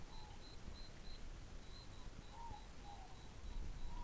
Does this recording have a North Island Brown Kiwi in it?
no